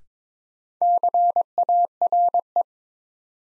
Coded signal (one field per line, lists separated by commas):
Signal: Morse code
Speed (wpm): 22 wpm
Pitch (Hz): 700 Hz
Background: none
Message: CARE